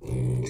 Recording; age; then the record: pig call; weaner (32 to 43 days)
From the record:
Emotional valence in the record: negative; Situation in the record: novel object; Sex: female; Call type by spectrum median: low-frequency call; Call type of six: mixed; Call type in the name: high-frequency modulated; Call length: 0.50 s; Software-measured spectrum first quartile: 122 Hz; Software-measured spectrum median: 193 Hz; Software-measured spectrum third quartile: 610 Hz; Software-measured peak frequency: 389 Hz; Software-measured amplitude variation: 99 dB a second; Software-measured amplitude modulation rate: 26.0 a second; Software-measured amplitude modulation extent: 3.8 dB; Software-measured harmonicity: 9.3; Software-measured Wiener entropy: -0.87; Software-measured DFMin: 1122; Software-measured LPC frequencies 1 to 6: 2325, 3649, 4186, 5815, 7449, 8737 Hz